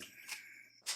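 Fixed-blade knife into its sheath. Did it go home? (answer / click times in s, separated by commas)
no / none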